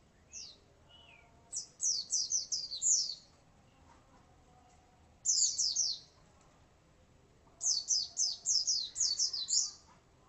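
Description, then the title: White-eye song: rapid runs of thin, high descending notes in three strings, with a short lower twitter near the start. "Pleci"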